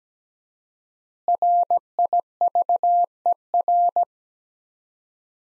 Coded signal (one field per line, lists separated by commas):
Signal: Morse code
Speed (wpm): 17 wpm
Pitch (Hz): 700 Hz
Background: none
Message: RIVER